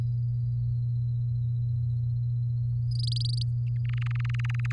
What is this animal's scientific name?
Serinus canaria